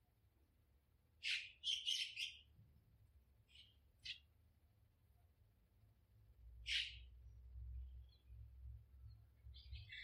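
Birds call in a garden, with short bright chirps around 1–2 seconds, a few quick notes near 4 seconds, another sharp call near 7 seconds and a cluster at the very end. A low rumble hums underneath throughout, swelling slightly in the second half.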